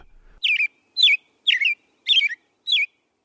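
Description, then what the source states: American robin song: clear, whistled caroling phrases, each a quick downslurred phrase, repeated nearly twice a second. Early spring American robins in March, migrating from farther south into the Northwest; some stay to nest there, others continue north, some as far as Alaska.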